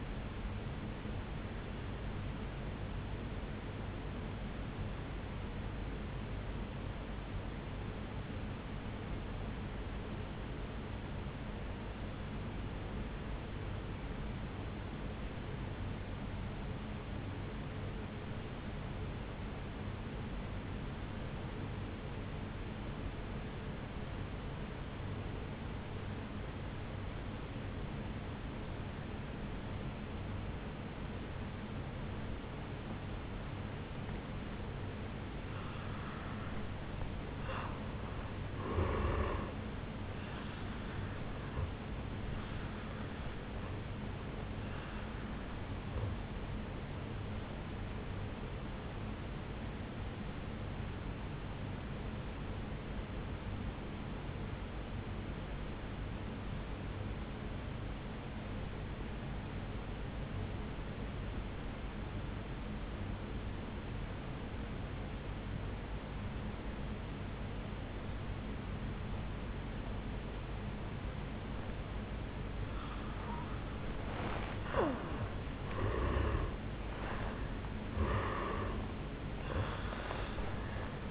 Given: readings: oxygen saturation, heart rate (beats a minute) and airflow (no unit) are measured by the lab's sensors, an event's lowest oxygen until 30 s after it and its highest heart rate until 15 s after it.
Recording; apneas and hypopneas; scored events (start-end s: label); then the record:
breathing in sleep by a voice recorder at the bedside; 2
5.00-37.80 s: obstructive apnea (N2, oxygen 96% highest, then 84% lowest, heart rate 53 at the start, 75 highest)
52.00-75.60 s: obstructive apnea (N2, oxygen 94% highest, then 83% lowest, heart rate 59 at the start, 75 highest)
From the record:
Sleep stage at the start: N2 (light sleep); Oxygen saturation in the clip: 80 to 96%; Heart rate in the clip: 51 to 75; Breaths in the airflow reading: 4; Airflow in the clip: -11.3 to 8.0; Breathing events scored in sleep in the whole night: 449 in 7.0 hours asleep